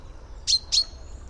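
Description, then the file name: Common chaffinch calls: two sharp, high, short notes in quick succession, about a quarter second apart, over a quiet low background hum. "Fringilla coelebs"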